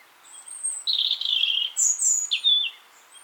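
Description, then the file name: European robin song, high sweet whistles and slurred notes in quick succession, some very thin and high, others dropping in pitch, over a quiet background. "Erithacus rubecula"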